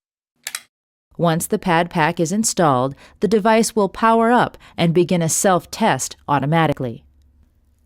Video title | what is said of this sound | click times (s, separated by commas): HeartSine samaritan AED Setup: Rescue Ready in Minutes | Slide it all the way to the back of the unit until you hear the Pad-Pak click into place. | 0.5 s, 0.6 s